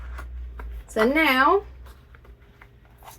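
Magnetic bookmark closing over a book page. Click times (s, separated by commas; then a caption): 0.6 s. A folded magnetic paper bookmark is popped over the top of a book page, and its two magnetic halves snap together with a short, sharp click at 0.6 s. Someone then talks, followed by a few faint ticks. The bookmark is closed and held securely on the page.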